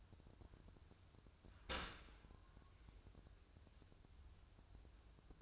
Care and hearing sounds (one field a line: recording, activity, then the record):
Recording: daily activity, microphone in the room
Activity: open dishwasher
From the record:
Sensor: 2